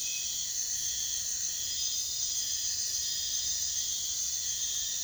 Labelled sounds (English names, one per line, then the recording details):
none
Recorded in pastures near Puerto Asís, Putumayo, Colombia, on 22 June 2025 at 03:30
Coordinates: 0.466, -76.322
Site GP07